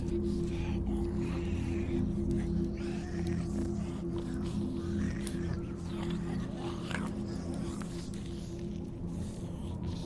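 Zombies moan and bite through a steady, droning low hum that runs the whole ten seconds. Growling, voice-like moans rise and fall over it, with scattered wet crunching and chewing sounds breaking in at irregular moments.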